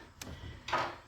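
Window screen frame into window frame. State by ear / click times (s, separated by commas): seated / 0.2 s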